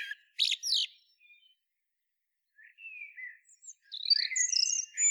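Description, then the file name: Common blackbird giving squeaky bursts, a soft slurred whistle after a pause, then high thin twittering notes. "Turdus merula"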